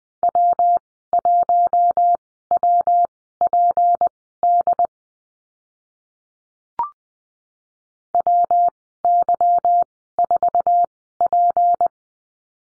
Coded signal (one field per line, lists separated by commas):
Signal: Morse code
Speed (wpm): 20 wpm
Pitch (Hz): 700 Hz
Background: none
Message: W1WPD WY4P